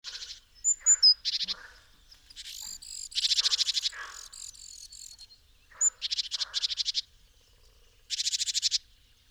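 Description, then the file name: Great tit giving harsh, buzzy churring rattles, each a quick burst of ticking pulses lasting up to about a second, repeated several times with a few thin high notes in between. "Parus major"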